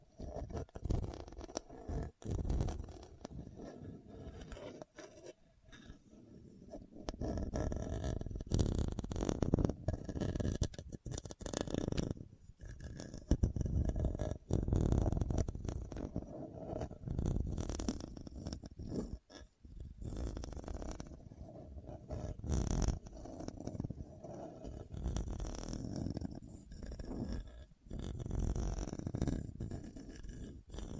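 Scratching over a hard, bumpy surface, heard as a rough, uneven rasp that keeps going with short breaks and sudden drops to silence. The strokes are mostly low and dense, with irregular bursts and brief pauses around 2, 6, 11 and 19 seconds.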